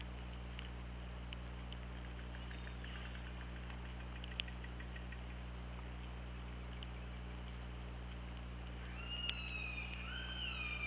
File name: Orca Lab UTLN JASON 20170824 212030 h 2 LL ORCALABDYNI